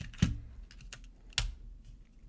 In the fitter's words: boom you're going to hear a click 99 of the time once you get it into place